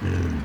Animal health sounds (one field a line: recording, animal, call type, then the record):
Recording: contact call of a hoofed animal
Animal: wild boar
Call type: grunt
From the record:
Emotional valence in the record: positive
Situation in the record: food anticipation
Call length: 0.45 s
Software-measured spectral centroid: 1650 Hz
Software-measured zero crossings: 690 a second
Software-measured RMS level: -24 dBFS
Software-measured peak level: -15 dBFS